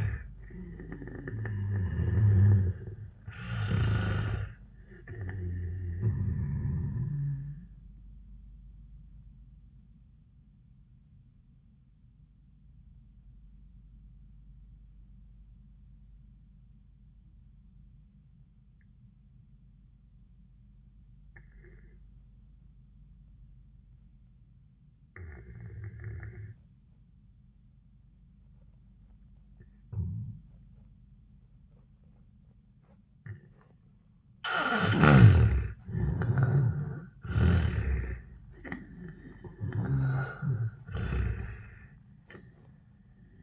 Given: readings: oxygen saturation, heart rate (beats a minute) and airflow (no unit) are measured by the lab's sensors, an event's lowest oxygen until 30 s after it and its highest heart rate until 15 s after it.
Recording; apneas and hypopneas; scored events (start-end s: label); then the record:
breathing in sleep by a smartphone at the bedside; 1
9.00-34.60 s: obstructive apnea (N1, oxygen 97% highest, then 80% lowest, heart rate 92 at the start, 97 highest)
From the record:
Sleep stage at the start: N1 (lightest sleep); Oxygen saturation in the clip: 75 to 97%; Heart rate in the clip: 75 to 97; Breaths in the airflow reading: 4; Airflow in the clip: -19.7 to 10.1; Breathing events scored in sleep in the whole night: 400 in 8.7 hours asleep